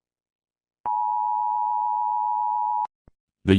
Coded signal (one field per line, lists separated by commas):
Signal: Emergency Alert System (SAME) tones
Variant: 853 and 960 Hz attention tone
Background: speech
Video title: US EAS scenario- Viventes Virus (FAN MADE)